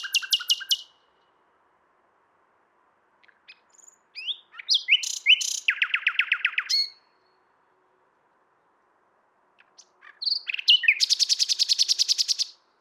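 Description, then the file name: Common nightingale singing three phrases with pauses, including quick repeated notes, varied whistles and a long fast high trill at the end. "Luscinia megarhynchos"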